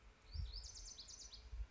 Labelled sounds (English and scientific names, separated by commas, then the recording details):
Lazuli Bunting (Passerina amoena)
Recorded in Sonoma County, California